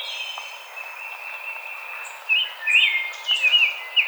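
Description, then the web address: Rose-breasted grosbeak warbling: after a quiet start, bright slurred notes tumble quickly up and down over faint high bird calls. Recorded 5 May 2007. "Rose-breasted Grosbeak 2007 05 05"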